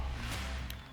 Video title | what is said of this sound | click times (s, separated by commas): Kobalt Tools: 24V Oscillating Multi-Tool Unboxing | hold it in place and rotate it down this locks a bit in place | 0.7 s